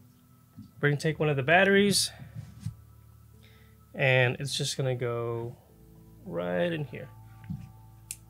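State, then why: Seated. Someone talks while a rechargeable battery is pushed into the battery compartment of a Sionyx Aurora Pro digital night vision camera. A sharp, loud click is heard at 8.1 s as the battery seats in the compartment.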